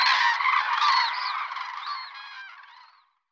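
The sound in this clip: Crane calls, a dense run of raspy trumpeting notes that gradually fades away to silence.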